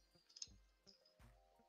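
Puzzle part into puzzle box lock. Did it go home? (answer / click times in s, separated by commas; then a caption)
no / none. A part of a puzzle box is pushed and worked against the box's lock, making only faint rattles and a few small sharp ticks around 0.4 s and 0.9 s over low soft knocks. Nothing has seated or clicked into place yet; the part fails to lock.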